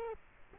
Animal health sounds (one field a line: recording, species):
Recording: mosquito wingbeat signal from an infrared sensor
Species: Culex quinquefasciatus